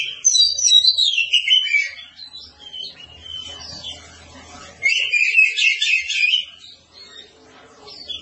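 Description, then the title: Oriental magpie-robin song: loud, rich warbled phrases of sweeping whistles and trills in two bursts, separated by a quieter pause with a low rumble. "Kacer"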